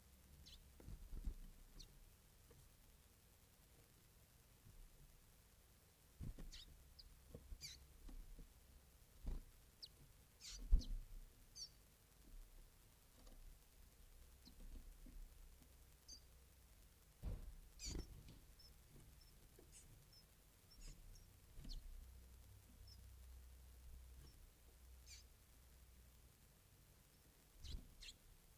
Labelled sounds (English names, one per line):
Western Bonelli's Warbler begging call